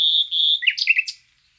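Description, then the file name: Common nightingale song phrase: a high sustained whistle in two parts, followed by quick jumbled chirping notes that then stop. "Luscinia megarhynchos"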